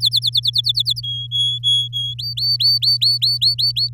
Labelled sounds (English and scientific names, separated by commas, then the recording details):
Domestic Canary (Serinus canaria) song
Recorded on 6 May 2018 at 05:38
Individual llb16